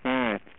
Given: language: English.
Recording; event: throat vibration sensor signal played as sound; speech